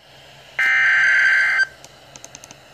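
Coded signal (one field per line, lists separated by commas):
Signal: Emergency Alert System (SAME) tones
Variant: header bursts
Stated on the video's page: NOAA Weather Radio transmitter on 162.550 from Upton NY, carrying a severe thunderstorm warning for Passaic NJ and Orange NY.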